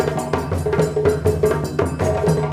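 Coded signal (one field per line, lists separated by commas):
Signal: none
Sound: music percussion beats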